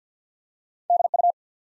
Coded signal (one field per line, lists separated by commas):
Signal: Morse code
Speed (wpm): 50 wpm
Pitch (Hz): 700 Hz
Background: none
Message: D U